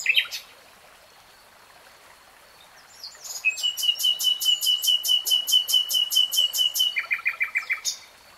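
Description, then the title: Nightingale song with a sharp opening note, a silence, then a long rapid series of identical ringing pulses ending in a short staccato burst. "[Tiếng chim hót] Nightingale Singing"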